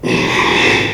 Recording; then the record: squeal of a Yucatan mini pig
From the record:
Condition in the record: after surgery on the right vocal fold (resection and tissue-engineered implant); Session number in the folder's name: 1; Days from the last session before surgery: 6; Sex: male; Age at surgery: 12 weeks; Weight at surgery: 13 kg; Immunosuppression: cyclosporine, prednisolone